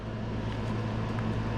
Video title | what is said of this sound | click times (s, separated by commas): BMW S1000XR 2020 radiator hose part 2 | just clicks right in the top | 1.2 s